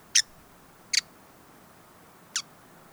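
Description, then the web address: Hooded visorbearer making three short, sharp chip calls, each separated by a pause, the last gap longer. "sound Hooded-visorbearer. صدای-پرنده-آفتابگیر-کلاهدار"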